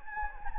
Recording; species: mosquito wingbeat signal from an infrared sensor; Anopheles gambiae